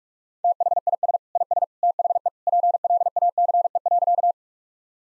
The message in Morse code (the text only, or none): THIS IS THE PLACE.